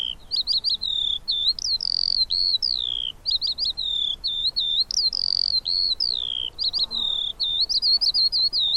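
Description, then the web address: Eurasian skylark singing a continuous high warble of slurred whistles and quick chirps, the phrases repeating in a rolling pattern. "Deverinetal"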